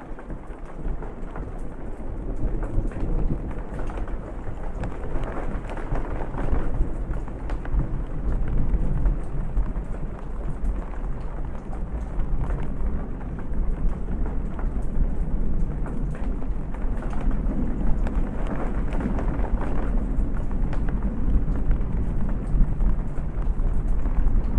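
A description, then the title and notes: Rain falls steadily on a porch at night, a dense, even patter with scattered sharper drops hitting nearby surfaces. A deep low rumble runs underneath throughout, like distant rolling thunder, swelling slightly around the middle and again near the end. Porch Balcony on Rainy Night w/ Distant Rolling Thunder.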